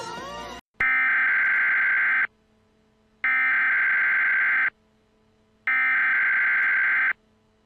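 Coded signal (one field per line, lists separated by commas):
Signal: Emergency Alert System (SAME) tones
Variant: header bursts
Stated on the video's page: Simulated scenario alert for a fictional eruption.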